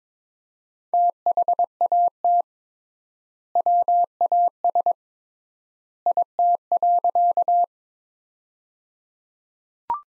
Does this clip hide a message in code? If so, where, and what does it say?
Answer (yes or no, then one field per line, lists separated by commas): yes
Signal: Morse code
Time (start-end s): 0.9-7.6 s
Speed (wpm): 21 wpm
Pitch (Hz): 700 Hz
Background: none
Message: THAT WAS IT.